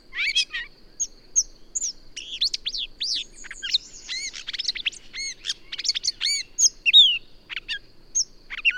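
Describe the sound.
Bird song: rapid varied chirps, slurred whistles and arched notes pouring out in a busy, jumbled sequence against a faint steady hiss.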